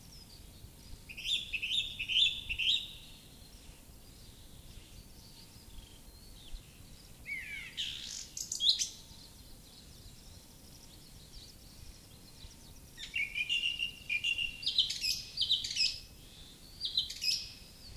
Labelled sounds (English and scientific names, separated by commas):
Song Thrush (Turdus philomelos) song